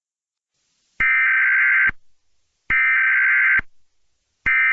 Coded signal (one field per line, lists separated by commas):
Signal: Emergency Alert System (SAME) tones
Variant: header bursts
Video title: EAS Scenario - Inanimate Awakening -